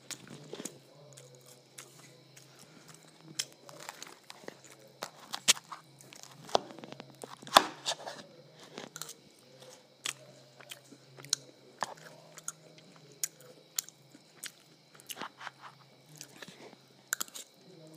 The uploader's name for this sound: Eating Ice Cream and Waffles